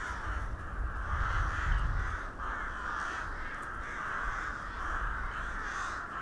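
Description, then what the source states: Crows in a noisy flock, their hoarse caws overlapping continuously, with a deep rumble early on. Several crows recorded in December 2021 in Hernals, Vienna, Austria.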